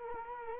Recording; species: mosquito wingbeat signal from an infrared sensor; Culex quinquefasciatus